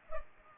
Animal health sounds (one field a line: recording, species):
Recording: mosquito wingbeat signal from an infrared sensor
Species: Culex pipiens